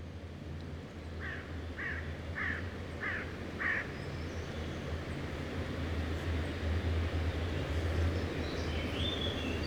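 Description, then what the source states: Carrion crow calling: five short harsh caws in an even series, over a steady low rumble. Carrion crows, mistaken for common ravens, on the banks of the Rhône at Les Avenières Veyrins-Thuellin, France; recorded with a Dodotronic stereo parabola (EM172 capsule) and a Zoom H4n Pro.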